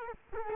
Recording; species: mosquito wingbeat signal from an infrared sensor; Culex quinquefasciatus